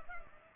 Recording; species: mosquito wingbeat signal from an infrared sensor; Culex pipiens